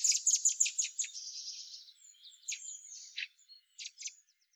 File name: Turdus merula